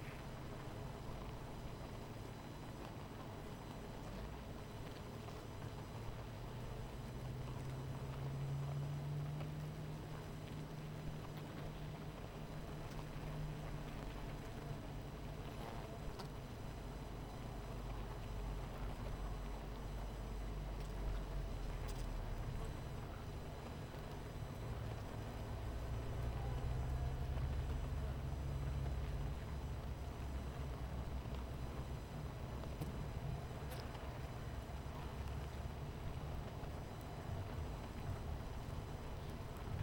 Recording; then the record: honeybee colony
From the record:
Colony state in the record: missing queen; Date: 14 July 2017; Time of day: 18:02